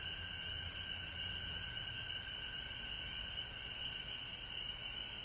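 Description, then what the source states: Frog chorus of many overlapping callers, continuous high trills with a fainter lower humming band throughout. Frogs recorded at home in Georgia on March 19, 2020.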